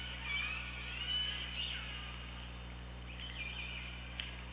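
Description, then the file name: Killer whale producing a long, smooth rising whistle in the first two seconds, then softer faint calls, all above a continuous humming background. Recorded on the OrcaLab hydrophone, 24 August 2017 at 15:19. "Orca Lab UTLN JASON 20170824 151904"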